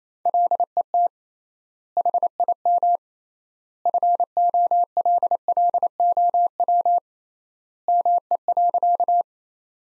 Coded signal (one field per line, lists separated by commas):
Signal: Morse code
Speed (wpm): 28 wpm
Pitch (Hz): 700 Hz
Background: none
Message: LET HIM FOLLOW ME.